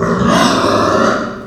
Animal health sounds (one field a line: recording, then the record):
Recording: squeal of a Yucatan mini pig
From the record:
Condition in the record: after surgery on the right vocal fold (resection and tissue-engineered implant)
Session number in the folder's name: 11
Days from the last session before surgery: 98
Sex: female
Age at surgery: 19 weeks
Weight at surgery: 25 kg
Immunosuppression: prednisolone